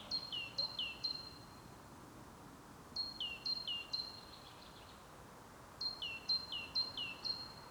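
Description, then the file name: Great tit singing clear high-low two-note phrases, three strophes of about three repeats each, separated by short pauses, with soft background hiss. "Parus major"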